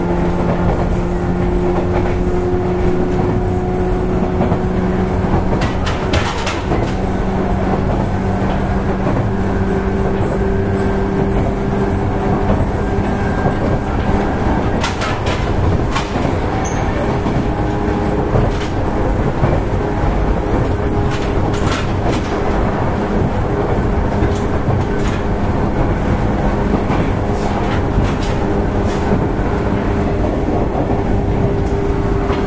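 An electric commuter train runs at steady speed, with a dense, constant low rumble and a droning motor hum whose pitch shifts slightly around the middle. Sharp clatters from the rails cluster near 6, 15 and 19–21 seconds.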